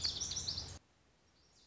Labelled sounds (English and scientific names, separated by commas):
Lazuli Bunting (Passerina amoena)